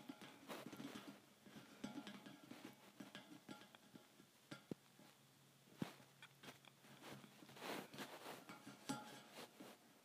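Thin metal bars are tapped in irregular clusters of sharp clinks, with brighter strikes near 0.5, 6 and 9 seconds over a low steady hum.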